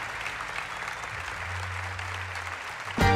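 A crowd claps steadily in a dense, continuous wash of applause, with a low sustained hum underneath, before a sudden louder burst of tonal sound cuts in at the end.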